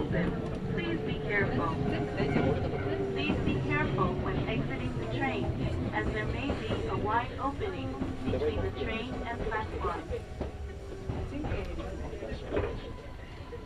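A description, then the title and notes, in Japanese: Riding a Kintetsu Nagoya Line local train from Kintetsu Nagoya toward Kanie: a steady low rumble runs underneath with a sustained humming tone on top. People talk almost continuously over it. The level stays fairly even, easing off slightly near the end. 近鉄名古屋線 普通 近鉄名古屋→蟹江。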